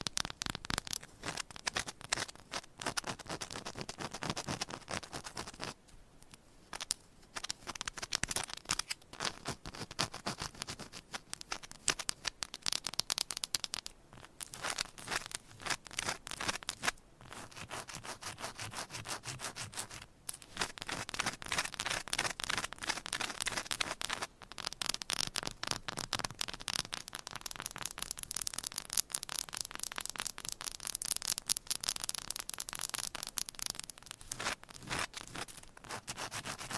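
Fingernails scratch and tap on a textured candle in dense, uneven bursts of crisp clicks and rubbing, pausing briefly around six and twenty-four seconds.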